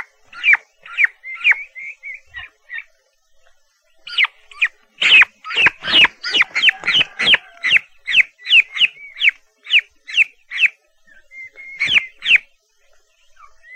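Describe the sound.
Turkey chicks calling with high, descending peeps, starting sparse with soft trills, then a dense run of loud chirps before thinning out.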